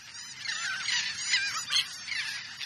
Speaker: We're hearing the calls of royal terns.